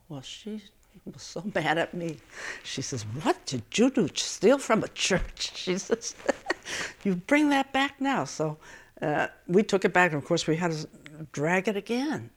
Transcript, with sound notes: Well, she was so mad at me. She says, "What did you do, steal from a church?" (she laughs) She says, "You bring that back now." So we took it back. And of course we had to drag it again.